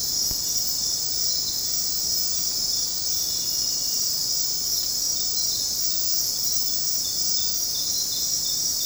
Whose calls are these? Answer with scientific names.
none